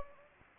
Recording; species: mosquito wingbeat signal from an infrared sensor; Anopheles gambiae